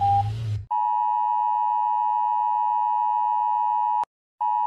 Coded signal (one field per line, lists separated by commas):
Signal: Emergency Alert System (SAME) tones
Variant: 853 and 960 Hz attention tone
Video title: Rating EAS alarms (again)